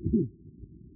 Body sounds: neck accelerometer signal played as sound; no cough (speech, laughter, throat clearing or background)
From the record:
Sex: male

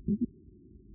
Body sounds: neck accelerometer signal played as sound; no cough (speech, laughter, throat clearing or background)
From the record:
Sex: female

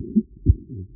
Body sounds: neck accelerometer signal played as sound; voluntary cough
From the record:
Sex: male

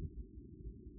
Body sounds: neck accelerometer signal played as sound; no cough (speech, laughter, throat clearing or background)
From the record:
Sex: male

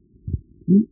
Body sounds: neck accelerometer signal played as sound; no cough (speech, laughter, throat clearing or background)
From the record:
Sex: male

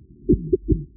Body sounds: neck accelerometer signal played as sound; voluntary cough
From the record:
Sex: male

